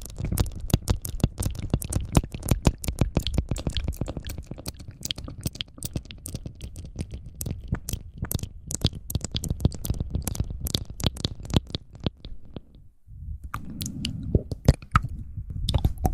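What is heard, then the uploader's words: ASMR mouth sounds: a dense, rapid stream of wet clicks and pops, sharp and crisp, with a low rumbling bed underneath. The clicking runs fast and irregular for about twelve seconds, stops briefly near thirteen seconds, then returns sparser over a softer murmur. ASMR mouth sounds.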